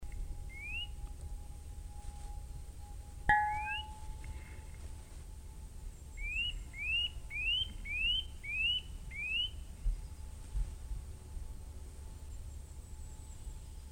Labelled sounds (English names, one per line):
Eurasian Nuthatch call